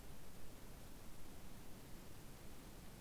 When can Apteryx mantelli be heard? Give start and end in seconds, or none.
none